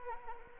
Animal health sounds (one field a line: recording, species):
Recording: mosquito wingbeat signal from an infrared sensor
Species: Anopheles arabiensis